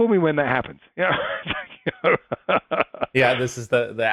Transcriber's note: laugh